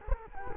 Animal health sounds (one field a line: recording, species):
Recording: mosquito wingbeat signal from an infrared sensor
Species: Culex quinquefasciatus